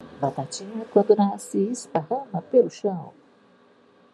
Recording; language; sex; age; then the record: short text; Brazilian Portuguese; female; 50 to 59 years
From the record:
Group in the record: control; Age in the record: 58 years